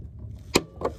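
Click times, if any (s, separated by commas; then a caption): 0.6 s. A plastic bulb socket in the license plate light housing of a 1990–97 Mazda MX-5 Miata is turned counterclockwise by hand. It clicks free at 0.6 s with a sharp click, followed by a softer second click at 0.9 s. The socket is released so the bulb can be pulled out.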